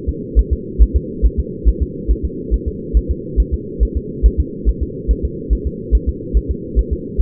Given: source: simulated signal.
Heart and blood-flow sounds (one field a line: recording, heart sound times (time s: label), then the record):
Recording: fetal heart sounds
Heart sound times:
0.09 s: S2
0.39 s: S1
0.53 s: S2
0.82 s: S1
0.96 s: S2
1.25 s: S1
1.39 s: S2
1.69 s: S1
1.82 s: S2
2.11 s: S1
2.25 s: S2
2.54 s: S1
2.68 s: S2
2.97 s: S1
3.11 s: S2
3.40 s: S1
3.54 s: S2
3.83 s: S1
3.97 s: S2
4.26 s: S1
4.40 s: S2
4.69 s: S1
4.83 s: S2
5.11 s: S1
5.25 s: S2
5.53 s: S1
5.67 s: S2
5.95 s: S1
6.09 s: S2
6.37 s: S1
6.51 s: S2
6.79 s: S1
6.93 s: S2
7.21 s: S1
From the record:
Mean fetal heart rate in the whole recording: 140 bpm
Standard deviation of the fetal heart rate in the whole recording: 2 bpm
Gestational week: 34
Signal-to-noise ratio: -4.1 dB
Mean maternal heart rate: no maternal heart sound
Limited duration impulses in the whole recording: absent